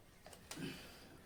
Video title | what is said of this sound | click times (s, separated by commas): How to clean hy300 projector display//#projector #display #cleaning #yt video #@avhr7452 | okay lock అయిపోయింది | 0.5 s